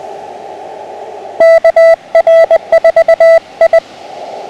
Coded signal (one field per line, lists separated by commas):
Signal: Morse code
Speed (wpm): 20 wpm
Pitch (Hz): 660 Hz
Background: radio noise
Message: KR4I